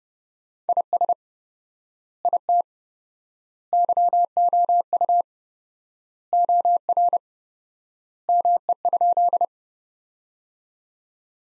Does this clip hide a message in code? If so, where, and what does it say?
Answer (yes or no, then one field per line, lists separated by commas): yes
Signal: Morse code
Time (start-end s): 0.7-9.4 s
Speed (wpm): 30 wpm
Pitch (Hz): 700 Hz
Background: none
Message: IS IT YOU OR ME?